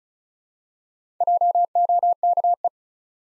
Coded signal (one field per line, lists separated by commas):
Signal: Morse code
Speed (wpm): 35 wpm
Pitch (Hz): 700 Hz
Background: none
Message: JOKE